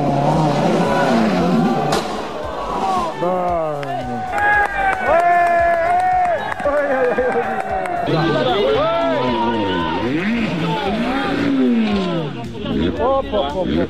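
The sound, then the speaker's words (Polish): Rally cars at the Monte Carlo Rally roar past one after another, their engines loud and constant, pitch repeatedly climbing and dropping as drivers rev and shift gears, with a rough hiss of tires on the road. “A rywalizację zaczynamy w czwartek od klasyka w świecie sportów motorowych, rajdu Monte Carlo.”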